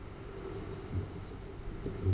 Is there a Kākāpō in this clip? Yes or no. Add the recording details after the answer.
yes. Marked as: faintness 4/5. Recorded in New Zealand. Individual Arab